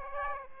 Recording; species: mosquito wingbeat signal from an infrared sensor; Aedes aegypti